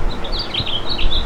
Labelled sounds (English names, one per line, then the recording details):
House Finch song
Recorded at Merrick on Long Island, New York, on 17 May 2013
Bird B